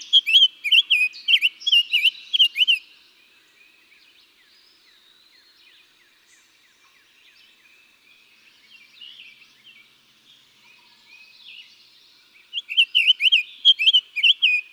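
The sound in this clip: Summer tanager song: a lively run of burry, looping whistles opens, then a long lull with soft background chirping, before another burst of similar phrases returns at the end.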